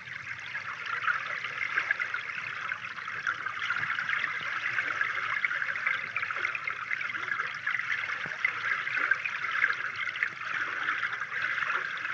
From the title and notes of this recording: Hydrophone Recording of the Boardman River. Recorded just a stone’s throw from the Scheck’s Place Trail Camp with the Zoom F6 Field Recorder and the Aquarian H2A Hydrophone, this episode is a nice look at what lies beneath the river in late winter/early spring.